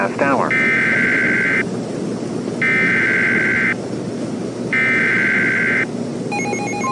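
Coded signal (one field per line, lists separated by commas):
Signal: Emergency Alert System (SAME) tones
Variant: header bursts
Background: speech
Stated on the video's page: Fictional EAS scenario; the alert is simulated.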